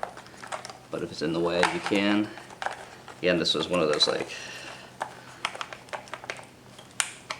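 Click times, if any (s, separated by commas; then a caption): 7.0 s. A two-pin plastic wiring connector on the tail harness of a 2025+ Yamaha MT-07 is unplugged during a fender eliminator install by squeezing its tab to unlatch it before pulling it apart. Someone talks at first, then small handling clicks and taps follow. The connector latch clicks open sharply at 7.0 s, releasing it so it can be pulled off.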